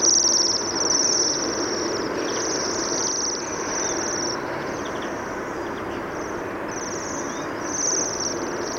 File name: Bohemian waxwing